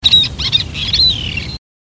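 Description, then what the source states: Common tern giving harsh, grating high calls: two quick rasping notes followed by a longer drawn-out, slightly descending screech. Warning call.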